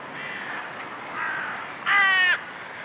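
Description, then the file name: Carrion crow calling with three rasping caws, the last one loud, harsh and strongly rough, over faint steady background noise. "Corvus corone"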